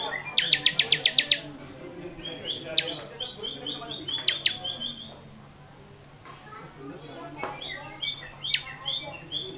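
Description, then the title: Bar-winged prinia: a quick burst of about eight sharp, bright repeated notes near the start, followed by scattered chirps and whistles. Long-duration song, used for training cage birds. "Suara Ciblek Semi Durasi Panjang"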